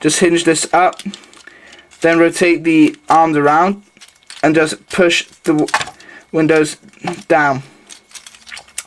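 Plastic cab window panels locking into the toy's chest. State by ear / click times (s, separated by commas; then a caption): seated / 8.8 s. Someone talks while transforming a plastic robot toy's chest, hinging a part up, rotating the arms around and pushing the plastic cab window panels down into the chest. Small clicks and taps follow, ending in a distinct plastic snap at 8.8 s as the window panels lock into place.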